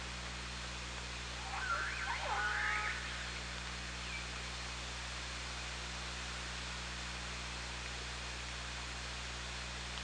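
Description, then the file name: Orca call: one burst of harmonic sweeping tones lasting about a second, then steady hiss and low hum. OrcaLab, 24 August 2017, 17:35. "Orca Lab 20170824 173512"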